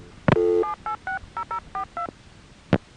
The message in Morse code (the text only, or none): none